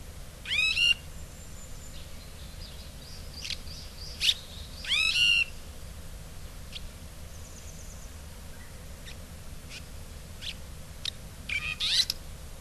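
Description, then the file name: Red-rumped swallow calls: harsh, harmonic-rich notes repeated several seconds apart, with scattered fainter chirps and clicks between them. Recorded in Hyogo. "koshiakatsubame. hyogo kaji"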